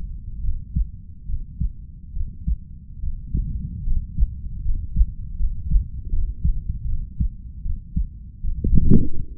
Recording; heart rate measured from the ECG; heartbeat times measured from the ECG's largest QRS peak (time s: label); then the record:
heart sounds by stethoscope; 75 bpm
0.40 s: heartbeat
1.25 s: heartbeat
2.13 s: heartbeat
2.99 s: heartbeat
3.83 s: heartbeat
4.62 s: heartbeat
5.36 s: heartbeat
6.09 s: heartbeat
6.85 s: heartbeat
7.62 s: heartbeat
8.40 s: heartbeat
9.16 s: heartbeat
From the record:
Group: healthy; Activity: rest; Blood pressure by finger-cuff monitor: 121/62 mmHg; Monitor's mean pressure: 79 mmHg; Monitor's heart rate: 76 bpm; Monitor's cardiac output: 5.9 L/min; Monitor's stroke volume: 78 mL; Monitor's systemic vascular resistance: 950 dyn s/cm5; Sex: female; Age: 32 years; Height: 168 cm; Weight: 61.9 kg